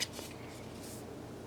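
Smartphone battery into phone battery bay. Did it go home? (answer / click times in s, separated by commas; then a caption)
no / none. A smartphone battery for a Nokia Lumia 635 is handled, turned so its contacts line up with the phone's prongs, before being pressed into the phone's battery bay. A brief sharp tick at the very start gives way to soft, steady handling rustle for the rest of the clip. Nothing has seated or clicked yet.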